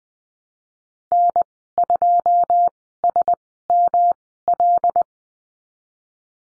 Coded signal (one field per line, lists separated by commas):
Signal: Morse code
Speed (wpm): 20 wpm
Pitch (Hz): 700 Hz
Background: none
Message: N2SML